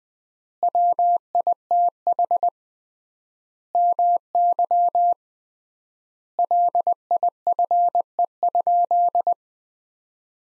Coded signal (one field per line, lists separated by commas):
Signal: Morse code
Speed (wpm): 20 wpm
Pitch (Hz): 700 Hz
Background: none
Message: WITH MY LIFE?